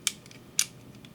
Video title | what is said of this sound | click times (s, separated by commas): The Most Fascinating Shotgun Ever Made - The Breda Automatic 1003 "Prola" | So, now the carrier should be able to Yep. Pop down and click into place | 0.1 s, 0.6 s